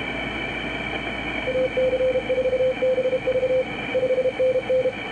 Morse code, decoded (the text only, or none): AC4BV 5NN